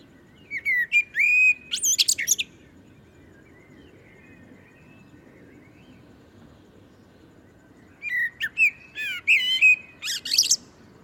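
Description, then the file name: Common blackbird uttering two bursts of mellow whistles ending in high, scratchy twitters, separated by about five seconds of near silence with faint low background hiss. "Turdus merula"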